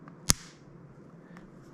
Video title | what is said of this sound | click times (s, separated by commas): Beyerdynamic Slider/Headband Replacement (JadedReviews) | once it's clicked in it's clicked and done so | 0.3 s